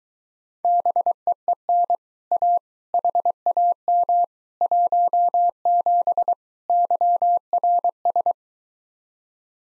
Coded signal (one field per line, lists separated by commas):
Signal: Morse code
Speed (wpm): 22 wpm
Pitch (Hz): 700 Hz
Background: none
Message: BEEN A HAM 17 YRS